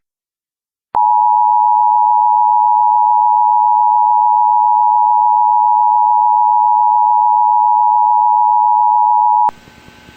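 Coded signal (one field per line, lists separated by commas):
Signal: Emergency Alert System (SAME) tones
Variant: 853 and 960 Hz attention tone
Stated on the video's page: Mock, recreated tornado warning.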